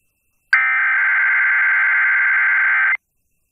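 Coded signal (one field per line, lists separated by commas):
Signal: Emergency Alert System (SAME) tones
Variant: header bursts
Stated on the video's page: Tornado Watch relayed by Raleigh country FM station, Local Primary One of the EAS, received in north central Franklin County, NC.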